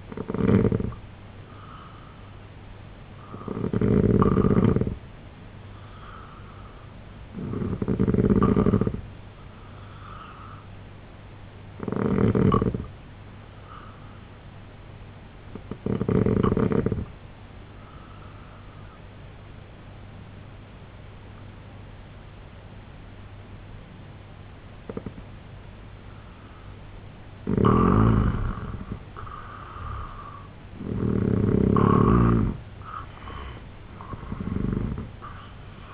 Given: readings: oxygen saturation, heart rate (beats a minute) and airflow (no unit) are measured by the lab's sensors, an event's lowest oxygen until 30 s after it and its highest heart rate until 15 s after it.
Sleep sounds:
breathing in sleep by a voice recorder at the bedside; 1
16.00-31.40 s: hypopnea (N3, oxygen 89% highest, then 85% lowest, heart rate 72 at the start, 91 highest)
20.00-35.94 s: new sleep stage, N2 (light sleep)
From the record:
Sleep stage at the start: N3 (deep sleep); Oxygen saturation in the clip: 88 to 90%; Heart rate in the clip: 68 to 91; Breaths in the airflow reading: 8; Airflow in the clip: -9.1 to 9.5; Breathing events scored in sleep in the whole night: 258 in 7.4 hours asleep

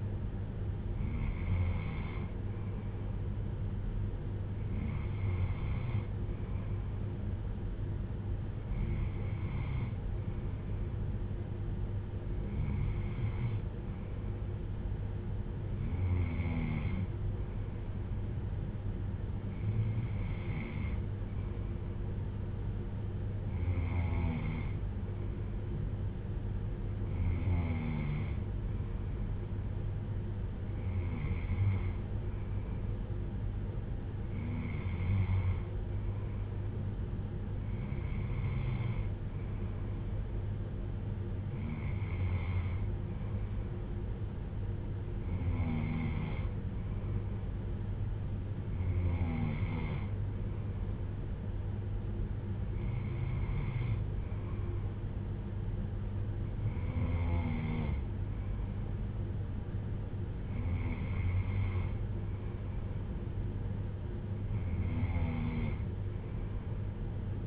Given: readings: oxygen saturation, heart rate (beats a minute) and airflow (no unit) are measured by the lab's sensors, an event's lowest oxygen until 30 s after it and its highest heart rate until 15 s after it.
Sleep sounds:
breathing in sleep by a smartphone at the bedside; none
none scored
From the record:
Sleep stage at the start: N2 (light sleep); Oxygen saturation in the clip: 93 to 95%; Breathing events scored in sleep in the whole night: 310 in 8.1 hours asleep

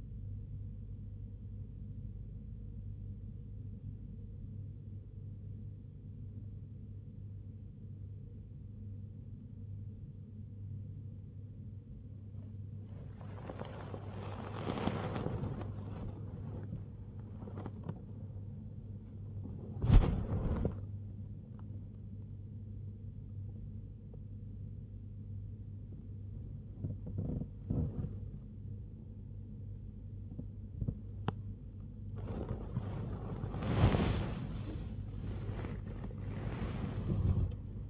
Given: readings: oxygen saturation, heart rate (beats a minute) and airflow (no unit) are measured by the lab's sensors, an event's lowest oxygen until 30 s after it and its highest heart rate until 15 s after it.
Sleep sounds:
breathing in sleep by a smartphone at the bedside; 1
3.00-16.30 s: hypopnea (N2, oxygen 95% highest, then 94% lowest, heart rate 63 at the start, 81 highest)
25.00-37.90 s: new sleep stage, awake
32.00-37.90 s: awake
From the record:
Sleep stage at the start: N2 (light sleep); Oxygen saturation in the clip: 94 to 97%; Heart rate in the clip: 63 to 81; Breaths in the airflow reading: 13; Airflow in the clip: -2.9 to 3.1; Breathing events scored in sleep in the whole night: 101 in 7.3 hours asleep

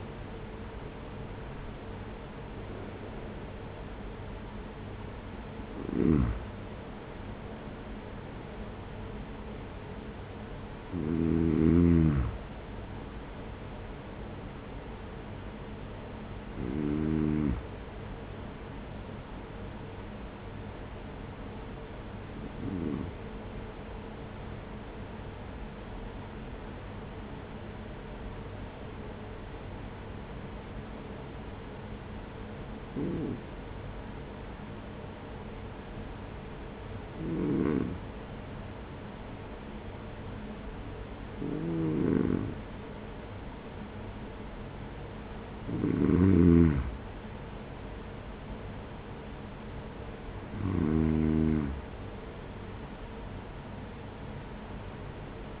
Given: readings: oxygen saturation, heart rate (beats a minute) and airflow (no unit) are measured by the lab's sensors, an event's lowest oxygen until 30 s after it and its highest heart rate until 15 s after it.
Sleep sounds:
breathing in sleep by a voice recorder at the bedside; 1
7.00-37.00 s: new sleep stage, N1 (lightest sleep)
21.00-45.70 s: hypopnea (N1, oxygen 96% highest, then 93% lowest, heart rate 45 at the start, 48 highest)
37.00-55.60 s: new sleep stage, N2 (light sleep)
From the record:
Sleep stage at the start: N2 (light sleep); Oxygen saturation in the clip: 92 to 96%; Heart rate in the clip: 44 to 68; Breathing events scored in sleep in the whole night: 210 in 6.9 hours asleep

